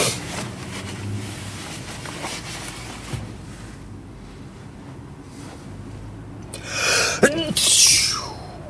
Sneezing.